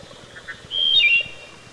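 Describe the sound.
Wood thrush song fragment: two soft low notes followed by one brief, clear fluted phrase.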